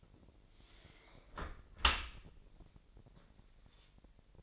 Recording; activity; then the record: daily activity, microphone in the room; close dishwasher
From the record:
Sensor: 5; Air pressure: 1000.6 hPa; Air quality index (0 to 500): 248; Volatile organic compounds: 35 ppm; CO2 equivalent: 3052 ppm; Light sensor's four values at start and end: 32/72/29/27 and 31/72/29/27